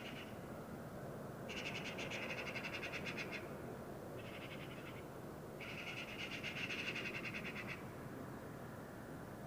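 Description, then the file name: Eurasian magpie giving harsh, rapid rattling chatters in three main bursts, two long ones with a shorter one between, over a steady low background rumble. "Pica pica"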